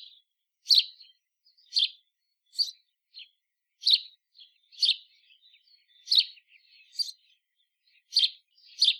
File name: Passer domesticus